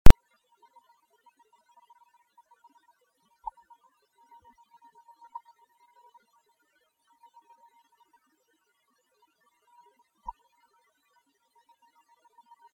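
A sharp click at the start, then three brief, faint, click-like bursts spread over about twelve seconds, against a steady thin high-pitched hum. These tiny abrupt bursts are coughs of a laboratory mouse, picked up by sound monitoring as used alongside respiratory airflow waveforms to detect mouse cough.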